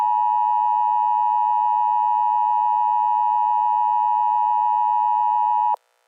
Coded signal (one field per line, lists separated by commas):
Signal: Emergency Alert System (SAME) tones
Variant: 853 and 960 Hz attention tone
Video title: stupid cat the giant with red dots rampage eas scenario merowing